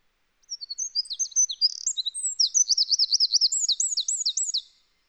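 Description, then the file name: Eurasian wren song, a loud rapid outpouring of high, sharp notes and chattering trills lasting about four seconds, with repeated looping phrases in the second half. "Troglodytes troglodytes"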